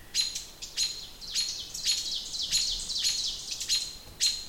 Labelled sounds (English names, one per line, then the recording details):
Ovenbird song
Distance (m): 45 m
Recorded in boreal forest in Alberta, Canada, on 27 June 2016 at 08:10
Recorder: SongMeter 3, array SBT-6-79
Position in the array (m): 207 m, 27 m
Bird 39